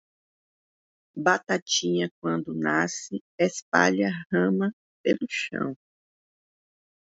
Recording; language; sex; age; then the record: short text; Brazilian Portuguese; female; 50 to 59 years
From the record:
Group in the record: control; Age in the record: 56 years